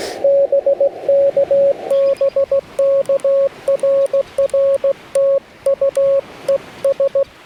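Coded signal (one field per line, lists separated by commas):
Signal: Morse code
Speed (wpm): 16 wpm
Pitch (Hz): 560 Hz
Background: radio noise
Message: BK BK RR TU ES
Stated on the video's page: CW POTA park activation on a Yaesu FT-891 at 25 watts, with US Morse paddles and a 17-ft whip on a tripod.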